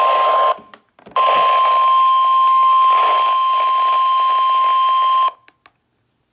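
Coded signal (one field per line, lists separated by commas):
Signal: Emergency Alert System (SAME) tones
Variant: 1050 Hz attention tone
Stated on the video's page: Severe thunderstorm warning on NOAA weather radio station WXL58.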